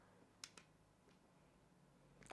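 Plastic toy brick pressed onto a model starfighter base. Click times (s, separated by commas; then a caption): 0.4 s, 0.6 s. Small plastic LEGO pieces are pressed onto the base of a Star Wars starfighter model kit during the build. Two sharp clicks sound at 0.4 s and 0.6 s as the pieces seat into place, with a fainter click near 2.3 s over quiet room noise.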